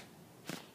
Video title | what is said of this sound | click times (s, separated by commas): Mounted my Stanley door closer | Yay! She's latching, but I'm still gonna fix that | 0.5 s